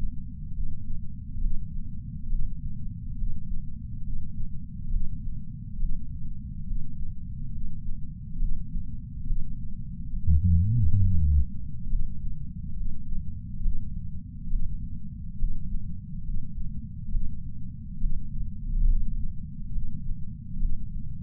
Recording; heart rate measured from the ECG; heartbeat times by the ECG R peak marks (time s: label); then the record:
heart sounds by patch sensor on the chest; 69 bpm
0.53 s: heartbeat
1.40 s: heartbeat
2.28 s: heartbeat
3.17 s: heartbeat
4.03 s: heartbeat
4.90 s: heartbeat
5.78 s: heartbeat
6.66 s: heartbeat
7.51 s: heartbeat
8.38 s: heartbeat
9.25 s: heartbeat
10.13 s: heartbeat
11.00 s: heartbeat
11.88 s: heartbeat
12.76 s: heartbeat
13.61 s: heartbeat
14.49 s: heartbeat
15.37 s: heartbeat
16.24 s: heartbeat
17.10 s: heartbeat
17.99 s: heartbeat
18.87 s: heartbeat
19.71 s: heartbeat
20.58 s: heartbeat
From the record:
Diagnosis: coronary artery disease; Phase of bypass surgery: preoperative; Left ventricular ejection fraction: 61.7%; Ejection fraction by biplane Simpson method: 55%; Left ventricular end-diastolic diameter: 51 mm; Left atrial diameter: 36 mm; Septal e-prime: 7.9 cm/s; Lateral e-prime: 10.3 cm/s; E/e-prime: 9.8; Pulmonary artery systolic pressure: 23 mmHg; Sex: male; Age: 58 years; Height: 160 cm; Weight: 70 kg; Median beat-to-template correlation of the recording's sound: 0.83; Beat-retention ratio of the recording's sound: 0.99